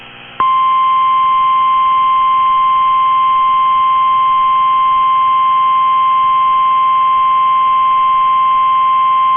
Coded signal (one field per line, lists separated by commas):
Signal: Emergency Alert System (SAME) tones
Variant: 1050 Hz attention tone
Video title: NOAA Weather Radio · WNG642 Arab, Alabama · EAS #13 · Tornado Warning · 02/16/25